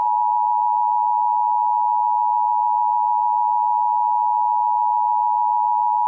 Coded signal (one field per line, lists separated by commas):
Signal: Emergency Alert System (SAME) tones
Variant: 853 and 960 Hz attention tone